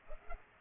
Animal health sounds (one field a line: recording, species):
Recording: mosquito wingbeat signal from an infrared sensor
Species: Culex pipiens